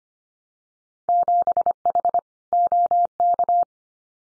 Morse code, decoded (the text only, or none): 7H OK